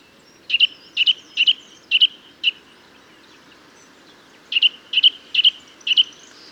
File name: Sitta europaea